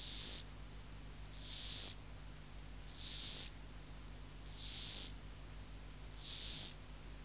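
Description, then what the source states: Mottled grasshopper stridulating: five loud, very high hissing buzzes, each rising in volume then stopping sharply, spaced evenly about every one and a half seconds. Subspecies hispanicus.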